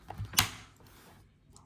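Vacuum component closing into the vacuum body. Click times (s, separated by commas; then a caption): 0.4 s. A part of a Tefal X-PERT 6.60 Allergy Handstick cordless stick vacuum (TY6837) is pushed back and closed into the vacuum body. A sharp click at 0.4 s shows it has locked into place. A few faint ticks follow.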